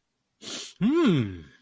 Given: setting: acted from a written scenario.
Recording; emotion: vocal sound without words; pride